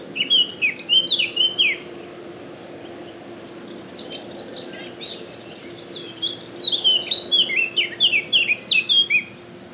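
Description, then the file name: Eurasian blackcap song in two bouts: a run of clear whistled phrases, a quieter warbling stretch, then another longer series of loud fluty notes. "Sylvia atricapilla"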